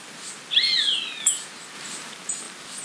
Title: Myiothlypis Nigrocristata